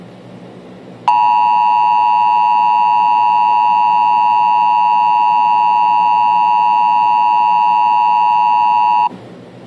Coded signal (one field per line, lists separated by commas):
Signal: Emergency Alert System (SAME) tones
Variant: 853 and 960 Hz attention tone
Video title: EAS - Slender Man